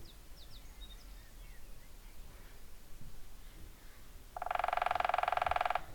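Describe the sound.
Woodpecker drumming: one rapid, even burst of taps lasting about one and a half seconds with a ringing, resonant tone, over low background hiss.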